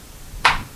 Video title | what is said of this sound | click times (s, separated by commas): Honda HR-V 2017-2021 Learn How To Check The Oil Level, Brake Fluid, Antifreeze & Washer Fluid | and push it down until it locks in place and it's all the way down. | 0.5 s